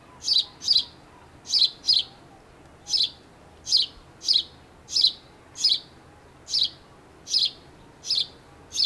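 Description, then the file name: House sparrow calling, a steady run of about fourteen sharp chirps, some paired closely, spaced under a second apart. "Passer domesticus"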